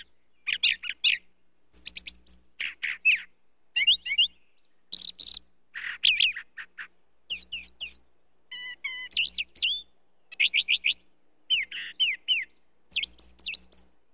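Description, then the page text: Brown thrasher in full song, a steady stream of varied phrases: high chirps, burry notes and rapid trills, each phrase separated by a short pause. "Звук пения птицы Brown Thrasher. Sound Pack"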